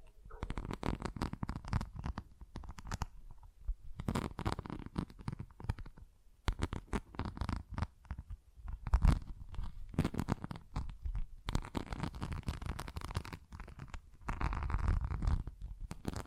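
Tapping and scratching on textured surfaces, a dense run of quick, crisp scrapes and taps with brief pauses near 3, 6 and 11 seconds.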